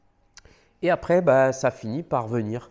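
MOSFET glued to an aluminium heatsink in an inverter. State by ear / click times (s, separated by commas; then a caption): released / 0.4 s. A screwdriver is slipped under a MOSFET glued to the aluminium heatsink of an inverter board and levered up, and the part pops off with a small, sharp click at 0.4 s, followed by a fainter tick at 0.5 s. The MOSFET comes unstuck and is released, and from about 0.8 s someone talks.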